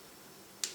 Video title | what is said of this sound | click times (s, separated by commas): Présentation HTC One S - Prise en main | comme ceci on entend le petit clic et on voit immédiatement apparaître le témoin d'alimentation situé | 0.6 s